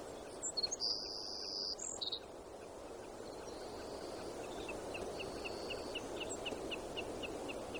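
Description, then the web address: Savannah sparrow: sharp chips leading into a loud high buzz early on, then faint thin buzzes and a steady series of soft high ticks over background hiss. Recorded in Alaska on 7 June 2018. "alaska BIRDS 20180607 Savannah"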